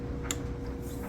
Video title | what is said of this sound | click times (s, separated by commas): 1969 Lincoln Continental Pistons and Rods Installation! | There's a click. | 0.3 s